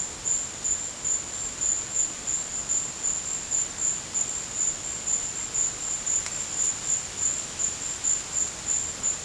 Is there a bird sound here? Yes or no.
no